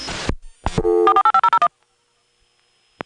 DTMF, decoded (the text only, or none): 48501